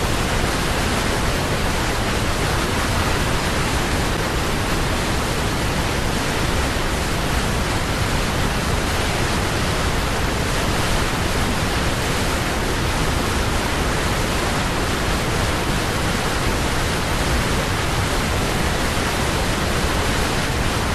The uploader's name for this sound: Relaxing Waterfalls Nature Sounds - White Noise